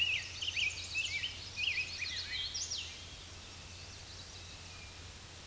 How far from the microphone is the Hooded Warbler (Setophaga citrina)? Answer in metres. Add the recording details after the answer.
about 30 m. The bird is about level with the microphone. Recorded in a Pennsylvania forest on 16 May 2024 at 07:07. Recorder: AudioMoth, point MSD-2163. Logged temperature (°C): 16.1 °C. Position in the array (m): 156 m, 120 m